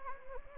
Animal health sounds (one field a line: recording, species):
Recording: mosquito wingbeat signal from an infrared sensor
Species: Anopheles gambiae